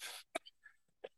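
A harsh, noisy explosive burst is followed by three or four short, sharp coughs over about a second: a brief choking cough in an adult man who choked on air, from momentary airway irritation that settles quickly.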